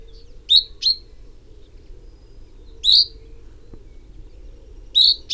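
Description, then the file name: Common chaffinch calls: short, sharp metallic notes given singly or in quick pairs, several calls spaced irregularly, with a faint low hum beneath. "Fringilla coelebs"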